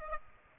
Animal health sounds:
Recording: mosquito wingbeat signal from an infrared sensor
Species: Aedes aegypti

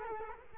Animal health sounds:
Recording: mosquito wingbeat signal from an infrared sensor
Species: Culex quinquefasciatus

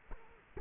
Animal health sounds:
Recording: mosquito wingbeat signal from an infrared sensor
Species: Culex quinquefasciatus

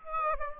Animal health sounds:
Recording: mosquito wingbeat signal from an infrared sensor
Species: Aedes aegypti

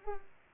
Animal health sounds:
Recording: mosquito wingbeat signal from an infrared sensor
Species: Culex pipiens

